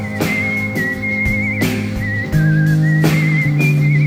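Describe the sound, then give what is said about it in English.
A doctor whistles loudly across a meadow in long, wavering high notes, the pitch sliding between a few phrases, over a steady low drone broken by periodic soft thumps. “Doctor whistles across the meadow.”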